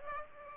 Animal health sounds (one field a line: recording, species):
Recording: mosquito wingbeat signal from an infrared sensor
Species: Aedes aegypti